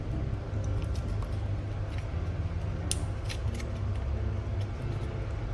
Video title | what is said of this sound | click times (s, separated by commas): Bambu Lab P1S Unboxing And Review 3D Printer With AMS (Automatic Material System) - @Beast-Lab | Takes a little bit of a press to get it to latch, and you'll hear it click, just a quiet click. | 2.9 s